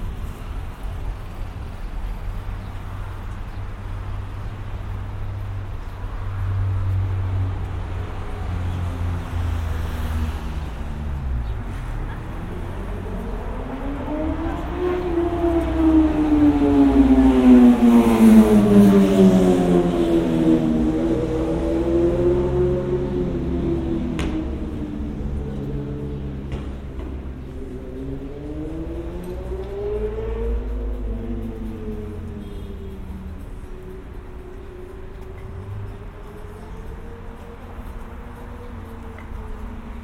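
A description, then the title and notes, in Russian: A vehicle drives past with a steady low rumble, its engine tone rising and falling in sweeping arcs, loudest around eighteen seconds. 3D прогулка по Сочи.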